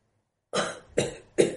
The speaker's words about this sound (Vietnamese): ho dài tiếng, nói tiếp.